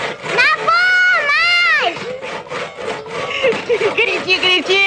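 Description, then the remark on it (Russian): Basilio the cat and Alisa the fox saw through a pine tree with a hand saw, rasping in repeated back-and-forth strokes, partly buried under a high, wavering voice crying out and other voices talking over the sawing. “Базилио и Алиса подбегают с пилой к сосне. Пилят.”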